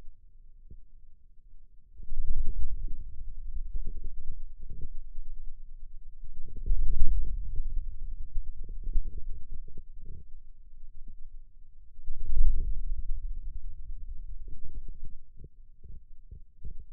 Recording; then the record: forearm muscle sounds (acoustic myography)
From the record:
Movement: radial deviation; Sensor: system 2, bracelet of six BSWA MPA416 microphones around the upper forearm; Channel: 2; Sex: male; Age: 22 years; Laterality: right